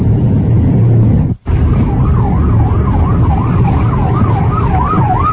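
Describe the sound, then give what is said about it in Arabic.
Dense rush-hour traffic at nine o'clock rumbles steadily with engine drone, broken by a brief dropout, then an emergency siren wails in a regular rising-and-falling pattern over the road noise until the end. “في زحمة في زحمة الساعة 9 الآن هذا هو في زحمة.”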